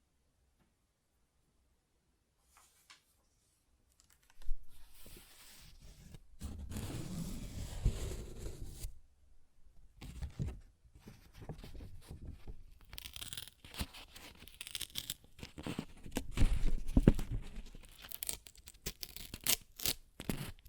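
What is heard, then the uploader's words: Paper is torn and ripped after about four seconds of near silence broken by a couple of faint ticks. A long, rough tear runs from roughly 6 to 9 seconds, then a brief pause gives way to dense, crackling rips that peak around 17 seconds. ASMR Paper Ripping Tearing Sounds (No Talking).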